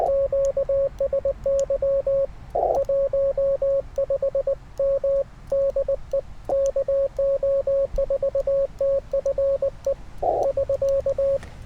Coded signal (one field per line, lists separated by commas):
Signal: Morse code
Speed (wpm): 19 wpm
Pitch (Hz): 550 Hz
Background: radio noise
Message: QSY 15 M DE KO4TFE <SK>